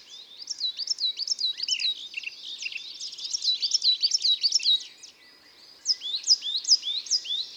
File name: Mesange noire ABC des chants doiseaux